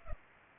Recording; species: mosquito wingbeat signal from an infrared sensor; Culex pipiens